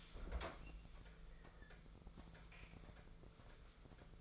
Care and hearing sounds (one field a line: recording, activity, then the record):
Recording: daily activity, microphone in the room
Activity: open fridge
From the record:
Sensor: 5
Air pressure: 1015.0 hPa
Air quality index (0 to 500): 186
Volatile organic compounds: 7 ppm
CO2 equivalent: 2040 ppm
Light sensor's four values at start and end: 87/202/89/99 and 91/209/92/103